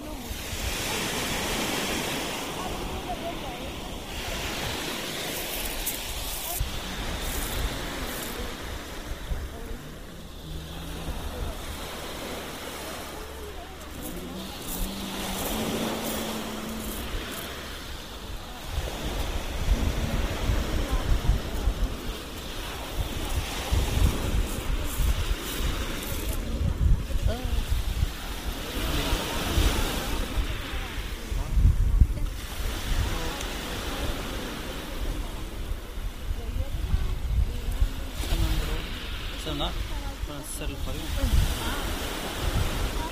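A recording from the beach in Barcelona, with a steady wash of surf and wind running through the whole clip. Voices talk on and off beneath it, and after about twenty seconds the sound grows louder and rougher, with occasional gusts buffeting the microphone.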